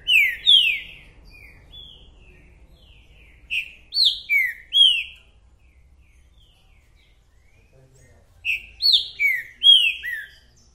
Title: TRINCA Piando, Cantando E Macheando Na DISPUTA. 🔥TRINCA FERRO REPETIDOR !! UM CANTO ATRÁS DO OUTRO!!! TRINCA FERRO MERCENARIO!